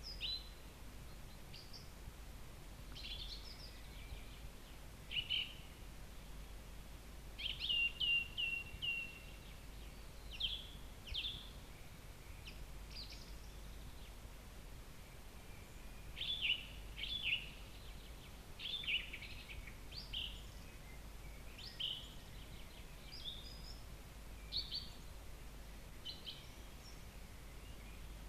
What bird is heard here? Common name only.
Song Thrush